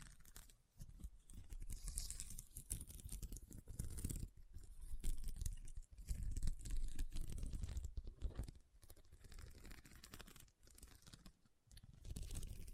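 Rhinestones being tapped and scratched, a dense run of small crackly, crunchy clicks that never settles into a steady rhythm. The scratching comes in rough bursts of a second or two, separated by brief near-silent gaps around 1, 6, 8.5 and 10.5 seconds.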